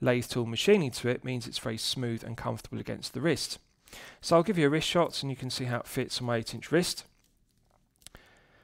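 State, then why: Seated. Someone talks for about seven seconds, then after a pause the two-button push clasp of a hardened steel watch bracelet is closed on an 8-inch wrist. It snaps shut with a crisp, positive click at 8.0 and 8.1 seconds, and the clasp is seated.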